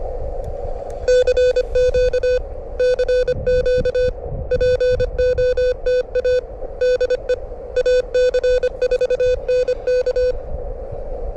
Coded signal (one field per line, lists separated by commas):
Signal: Morse code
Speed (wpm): 25 wpm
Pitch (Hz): 500 Hz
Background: none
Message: CQ CQ POTA DE AC4NK